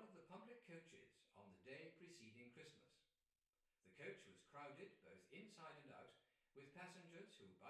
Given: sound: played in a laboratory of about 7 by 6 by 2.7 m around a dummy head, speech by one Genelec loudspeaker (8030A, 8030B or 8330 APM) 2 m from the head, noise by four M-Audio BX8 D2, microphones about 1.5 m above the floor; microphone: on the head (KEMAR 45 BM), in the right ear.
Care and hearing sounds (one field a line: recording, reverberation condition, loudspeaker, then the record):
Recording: male speech in English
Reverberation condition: medium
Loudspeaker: 120 degrees to the left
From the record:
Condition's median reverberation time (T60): about 510 ms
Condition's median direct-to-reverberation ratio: about -0.5 dB